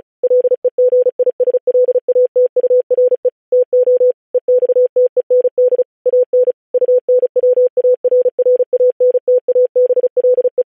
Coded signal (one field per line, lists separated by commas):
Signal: Morse code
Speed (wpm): 36 wpm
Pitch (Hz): 500 Hz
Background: none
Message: LEGISLATURE TO EXTEND AN UNWARRANTABLE